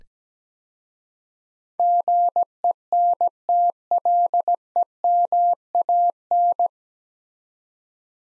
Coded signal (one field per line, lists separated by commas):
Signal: Morse code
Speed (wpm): 17 wpm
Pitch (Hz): 700 Hz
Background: none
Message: GENTLEMAN